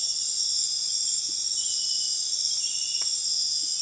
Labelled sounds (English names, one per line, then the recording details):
none
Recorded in dense forest near Puerto Asís, Putumayo, Colombia, on 20 February 2024 at 02:00
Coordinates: 0.502, -76.326
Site G6460